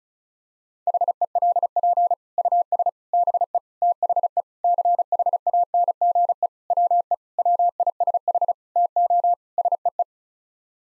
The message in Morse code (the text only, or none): HELP US BE THE CHANGE WE WISH TO SEE